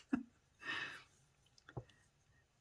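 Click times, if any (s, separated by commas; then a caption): none. An ink cartridge is pushed tentatively into a calligraphy pen, but it does not go in firmly enough. Only faint taps are heard around 1.6–1.9 s, along with a brief rustling burst. Nothing has clicked yet, so the cartridge is not punctured.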